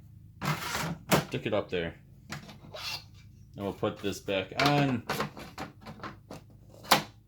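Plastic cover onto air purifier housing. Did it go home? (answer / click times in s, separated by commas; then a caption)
yes / 6.9 s. After the filter is changed on a Dreo air purifier, its plastic cover is put back on the housing and pressed until it locks, while someone talks. Several short knocks from handling are heard, then a sharp, loud click at 6.9 s as the cover locks into place.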